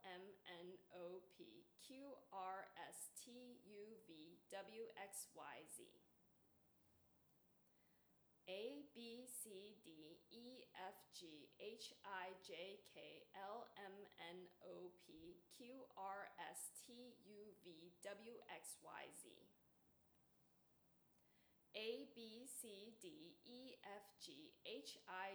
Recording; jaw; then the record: letters of the alphabet, spoken; free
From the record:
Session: seven days later